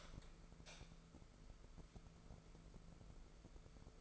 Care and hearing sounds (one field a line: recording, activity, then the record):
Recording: daily activity, microphone in the room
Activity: light on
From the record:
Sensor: 5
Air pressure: 1014.7 hPa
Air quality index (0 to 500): 156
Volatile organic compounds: 5 ppm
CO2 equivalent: 1722 ppm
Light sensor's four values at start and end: 74/179/73/78 and 75/183/75/80